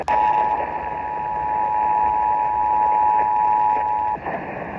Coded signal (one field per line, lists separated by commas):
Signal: Emergency Alert System (SAME) tones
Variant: 853 and 960 Hz attention tone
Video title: EAS #113/131 | Monthly Test Alerts 8/1/2023 & 8/2/2023